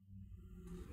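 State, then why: Not seated. A plastic electrical sensor connector is handled near the intake air sensor on a new Flowmaster Delta Force cold air intake tube on a 2016–2017 Silverado/Sierra 2500HD, before the red locking tab is pressed down. A steady low rumble and faint handling noise fill the clip, and the sound brightens slightly near the end. Nothing has seated or clicked yet.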